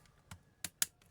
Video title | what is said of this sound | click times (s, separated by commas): infinix hot 30 play stock logo minsan magagamit pag naka charge.alamin natin fill video tagalog . | Pag narinig yung tumutunog-tunog yan, ibig sabihin nag-lock na nun. | 0.3 s, 0.6 s, 0.8 s